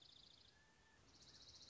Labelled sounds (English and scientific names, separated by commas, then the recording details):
Dark-eyed Junco (Junco hyemalis)
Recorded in Sonoma County, California